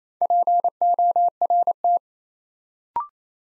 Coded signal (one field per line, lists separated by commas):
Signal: Morse code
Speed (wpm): 27 wpm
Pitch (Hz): 700 Hz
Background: none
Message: PORT